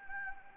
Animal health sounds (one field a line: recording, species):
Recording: mosquito wingbeat signal from an infrared sensor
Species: Anopheles gambiae